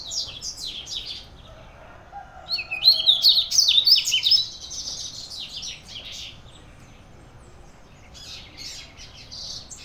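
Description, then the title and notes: Birds singing, high chirping and twittering notes in bursts, loudest in the middle. Birds singing at a neighbour's house; Brazil, 9 June 2017, 06:00; recorded on a Sony PCM-D50 handheld recorder, stereo. "Pássaros cantando na casa do vizinho, carro passando. Data: 09/06/2017 Horário: 06:00 Som captado por: Hanna Vasconcelos"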